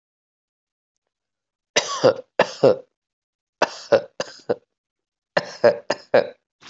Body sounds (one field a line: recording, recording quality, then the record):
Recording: shallow voluntary cough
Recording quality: excellent, no background noise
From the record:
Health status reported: healthy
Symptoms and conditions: none ticked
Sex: male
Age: 26 years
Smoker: not ticked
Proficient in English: yes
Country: India